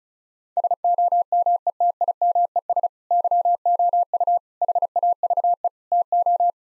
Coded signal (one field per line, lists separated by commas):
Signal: Morse code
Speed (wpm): 36 wpm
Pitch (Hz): 700 Hz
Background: none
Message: SOMETIMES YOU HAVE TO